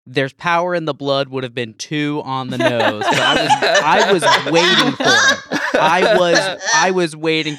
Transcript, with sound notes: There is Power in the Blood would have been too on the nose. [laughter] I was waiting for it. I was waiting for it.